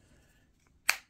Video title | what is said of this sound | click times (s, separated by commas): MAGSAFE Cases Samsung S24 Ultra Cases | snaps right in too again just takes a moment | 0.9 s